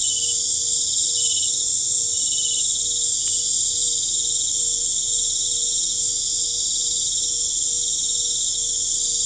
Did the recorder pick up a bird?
no